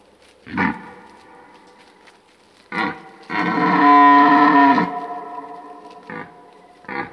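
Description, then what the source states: Red deer stag bellowing: short gruff grunts, then a drawn-out hoarse roar of about a second and a half, followed by more brief grunts. Old stag bellowing during the rut.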